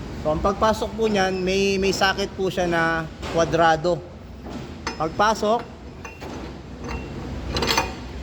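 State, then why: Seated. Someone talks while the plastic-bushed feed screw (auger) of a TMG220 meat grinder is pushed into the grinder's square drive socket and turned to find its lock, with quieter handling sounds after the talking stops. It seats with a sharp metallic clink at 7.6 s and 7.7 s, locking into place.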